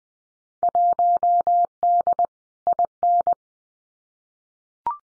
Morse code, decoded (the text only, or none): 1D IN